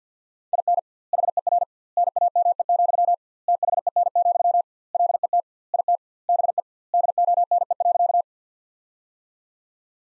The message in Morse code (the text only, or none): IN HER NAME, THEN, LET IT BE DONE.